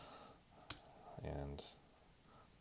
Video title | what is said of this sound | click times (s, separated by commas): Weekly Diecast Car Haul #2 Part 1 - Matchbox, Hot wheels, Mini GT, Inno64, Tarmac Works and more | yeah it's a typical typical majorette which does have a nice click when you close the doors | 0.7 s